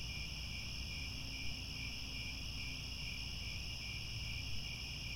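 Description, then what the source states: Crickets trilling together without pause, bright layered chirps holding an even pitch, accompanied by a low hum in the background. Chorus of crickets at twilight, as the sun sets and stars come out.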